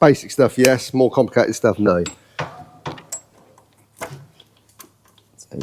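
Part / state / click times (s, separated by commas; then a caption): torque wrench on oil filter housing screw, engine / torque reached / 4.8 s. A small quarter-inch torque wrench tightens a hand-started screw on the oil filter housing of an Audi R8 V8 engine until it clicks at its set torque. Someone talks over the first two seconds, then a few sharp metallic ticks follow, and the wrench's click comes at 4.8 s, confirming the screw is torqued.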